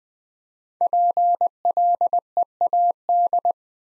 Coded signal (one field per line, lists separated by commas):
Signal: Morse code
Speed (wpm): 20 wpm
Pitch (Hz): 700 Hz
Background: none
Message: PLEAD